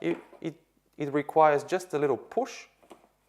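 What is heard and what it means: Someone talks while handling the magnetized grounds catch cup of a Fellow Ode coffee grinder, about to give it a little push into its magnetic seat in the grinder base. A couple of faint, brief sounds come near the end, at about 2.8 and 2.9 seconds. The cup has not yet seated or clicked into place.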